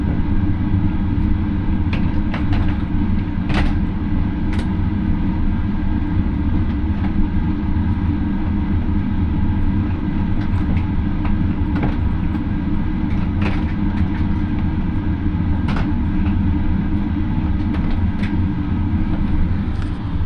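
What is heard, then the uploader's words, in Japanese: A ride on the Marine Liner rapid train from Takamatsu to Okayama: a steady, heavy low rumble runs throughout at an even level. Sharp metallic clicks and clacks break through every second or two, irregularly spaced, over a faint higher hiss. 予讃線 快速マリンライナー40号 高松→岡山。5両編成ですが、1両はグリーン＋指定で実質は4両が自由席です。日も暮れてしまった。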